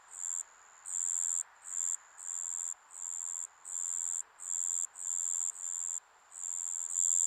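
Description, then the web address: Insect chorus: a shrill, continuous high buzz that swells into loud pulses lasting around half a second, with brief quieter breaks between them. Japanese summer insect ambience. "Sound Effects-Foundation 1 AMBIENCE JAPANESE SUMMER INSECTS 03"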